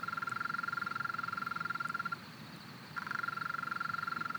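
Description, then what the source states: European mole cricket song, a continuous pulsed churring trill that breaks off after two seconds, pauses almost a second, then starts again. Small population in a flooded alpine pasture at 1250 m, Le Villard, Drôme, 3 May 2020; heard there each year at this season; stereo recording, Nagra Seven with MKH40 microphone.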